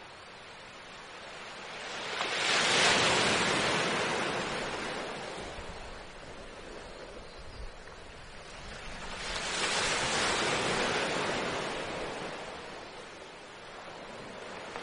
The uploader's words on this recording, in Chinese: 深睡模式丨大自然的SPA海浪渔火。